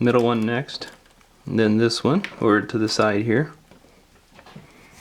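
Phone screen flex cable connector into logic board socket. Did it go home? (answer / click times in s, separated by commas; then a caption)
yes / 3.7 s, 4.4 s. Someone talks while pressing phone screen flex cable press-fit connectors one after another onto the logic board sockets, the middle one and then the one off to the side. Small snaps are heard at 3.7 s and 4.4 s as the connectors seat firmly in place.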